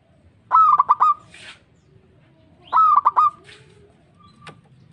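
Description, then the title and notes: Zebra dove song: two short phrases about two seconds apart, each a held coo broken by rapid staccato clicks. Local (lokal) variety. "Kicau Perkutut Lokal. Kicau Burung Perkutut"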